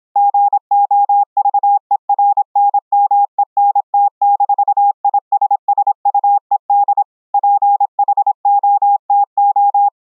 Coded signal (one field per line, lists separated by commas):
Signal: Morse code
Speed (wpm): 26 wpm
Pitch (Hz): 810 Hz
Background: none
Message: GOVERNMENT-ISSUED PHOTO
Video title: Morse Code audio & video QSO over internet between 4 CW OPs using the FREE Discord Voice Chat APP